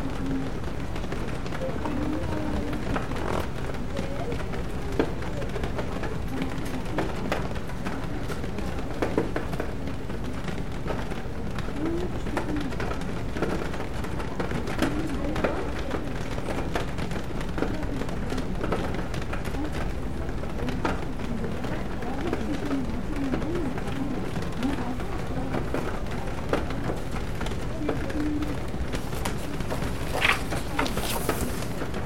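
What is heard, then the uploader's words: Rain patters on a bookstore window in a steady, dense wash, with faint murmured voices and occasional soft clicks and taps throughout. Rainy Bookstore Cafe Ambience. Rain patters on the bookstore window on a peaceful afternoon.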